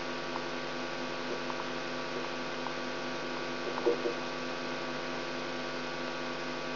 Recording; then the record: brain microelectrode recording played as sound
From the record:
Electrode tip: outside the subthalamic nucleus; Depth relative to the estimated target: -6 mm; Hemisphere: right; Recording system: AlphaMap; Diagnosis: Parkinson's disease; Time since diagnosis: 16 years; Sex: female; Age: 67 years